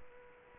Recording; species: mosquito wingbeat signal from an infrared sensor; Culex quinquefasciatus